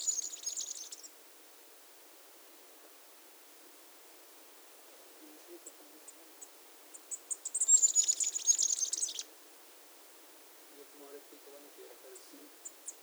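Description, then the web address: Masked flowerpiercer song, a high thin twittering phrase near the start and a longer jumbled burst of high notes midway, with faint low rustling between. Recorded at Iguaque, Villa de Leyva, Colombia, and its surroundings. "sonidos de las aves iguaque villa de leyva y sus alrededores 35 Diglosa De Antifaz, Diglossa cyanea"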